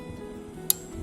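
A 3/8-drive click-type torque wrench set to 21 ft-lb tightens the new steel oil drain bolt on a Kawasaki Z900 RS Cafe motorcycle engine until it breaks over. Over steady background music, a single sharp, bright click is heard at 0.7 s as the wrench reaches its setting, confirming the bolt is torqued.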